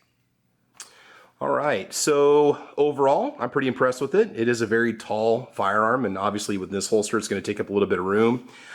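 After the retention screws are tightened for more tension, a Walther PDP pistol is pushed into a $25 kydex OWB holster and locks into place with a sharp click at 0.8 s. Someone then talks for the rest of the clip.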